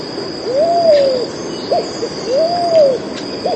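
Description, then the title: Pigeon cooing: two drawn-out arched notes, each rising then falling, each followed by a short note, over a steady high hiss with faint chirps. "Canto Da Pomba"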